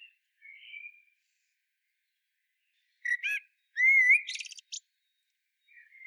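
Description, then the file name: Common blackbird song: a soft fluty whistle, then a louder warbled phrase near three seconds ending in a high, squeaky twittering flourish, with a faint whistle at the end. "Turdus merula"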